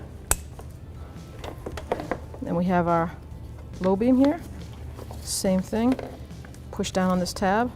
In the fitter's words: and just push in until you hear it click.